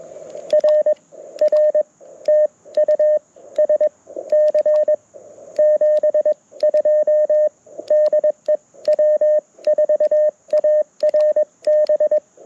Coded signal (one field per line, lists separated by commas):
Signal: Morse code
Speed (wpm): 21 wpm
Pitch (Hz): 1800 Hz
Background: radio noise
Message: RR TU SC 72 DE W4ARB